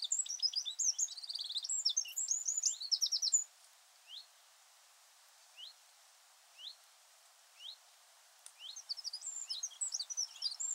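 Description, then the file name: Eurasian wren song: a rapid, high jumble of sharp twittering notes, then a pause with four separate upslurred notes, then another fast burst of trills. "Troglodytes troglodytes"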